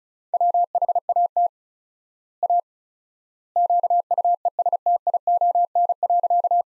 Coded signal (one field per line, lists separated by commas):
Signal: Morse code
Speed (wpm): 36 wpm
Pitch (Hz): 700 Hz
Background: none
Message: WHAT A QUESTION.